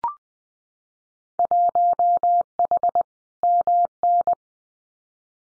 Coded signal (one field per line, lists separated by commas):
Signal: Morse code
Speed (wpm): 20 wpm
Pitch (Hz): 700 Hz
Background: none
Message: 1H MN